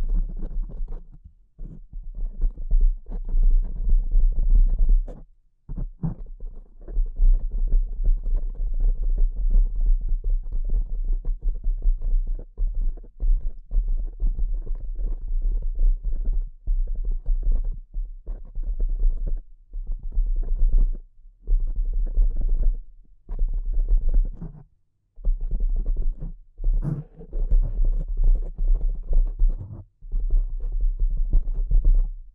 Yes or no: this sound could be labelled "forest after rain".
no